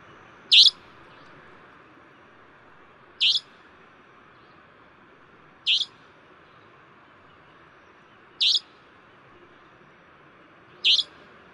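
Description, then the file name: Savanna nightjar giving short, sharp, high buzzy notes, five in total, evenly spaced several seconds apart, over a steady hiss of background noise. "台灣夜鷹"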